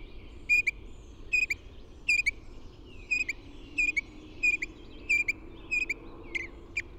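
Bird giving evenly spaced, sharp whistled chirps, roughly one every second or less, a few slurred notes near the end, faint background rumble.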